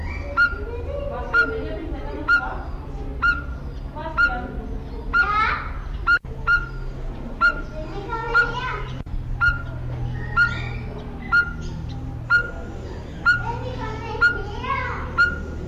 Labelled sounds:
Speckled Tinkerbird
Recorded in captivity
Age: adult
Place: Zoo Berlin, Berlin, DE
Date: 1994-08-27 11:57
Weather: heiter, 16-22°C
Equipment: Marantz CP 430, Sennheiser ME 80, Kopie Uher Variocord 263
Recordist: Tembrock, Günter

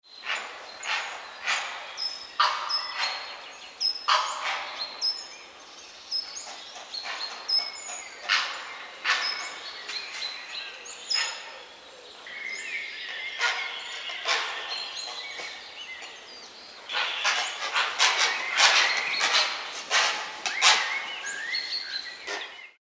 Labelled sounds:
Grey Heron
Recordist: Frommolt, Karl-Heinz
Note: Laute aus einer Brutkolonie

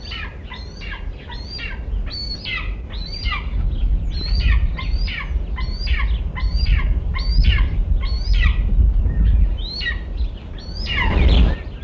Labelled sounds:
Wedge-tailed Eagle contact call
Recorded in captivity
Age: adult
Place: Tierpark Berlin, Berlin, DE
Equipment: Halbspur, 9,5 cm/s
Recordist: Lütgens, Hans

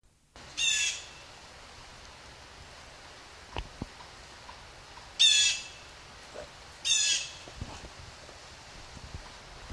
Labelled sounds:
Blue Jay call
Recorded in the wild
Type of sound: call
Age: adult
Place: Wildlife Park Shubenacadie, Nova Scotia, CA
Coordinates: 45.0931, -63.3944
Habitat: park
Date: 1991-10-10 13:08
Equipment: Sony WM-D6C, Sony ECM-939 LT (Stereo), Kopie Uher 4400 IC
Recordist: Frommolt, Karl-Heinz
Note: Rufe eines freifliegenden Tieres

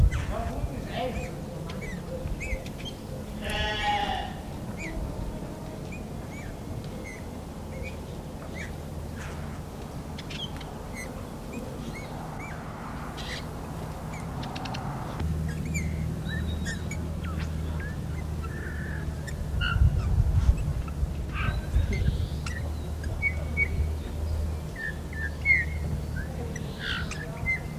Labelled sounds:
Eurasian Bullfinch
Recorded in the wild
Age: adult
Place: Untertweng, AT
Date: 1971-02-21
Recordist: Brunner, Thomas
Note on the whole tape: Aufnahme: Untertweng, Gegental, Kärnten

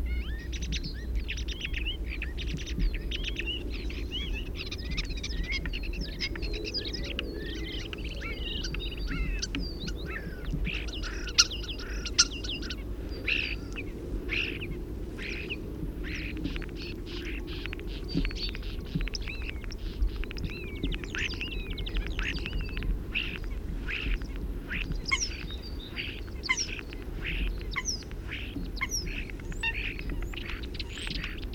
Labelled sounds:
European Starling song
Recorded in the wild
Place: Kleiner Jasmunder Bodden, Insel Rügen, Mecklenburg-Vorpommern, DE
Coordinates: 54.93, 13.53
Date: 1969-10-07 08:25
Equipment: Nagra III BH, Sennheiser MD 21, parabola
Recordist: Schubert, Michael

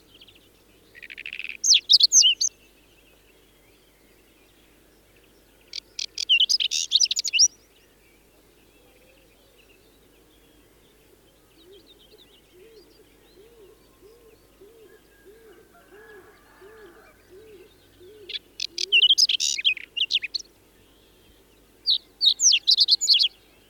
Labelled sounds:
Whinchat song
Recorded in the wild
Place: Lütow, Insel Usedom, Mecklenburg-Vorpommern, DE
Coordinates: 54.032, 13.888
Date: 1975-06-15 04:20
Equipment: Nagra III BH, Sennheiser MD 21, parabola
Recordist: Schubert, Michael

